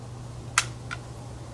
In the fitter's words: j'entends le clic ça ça veut dire que la corde est solidement ancrée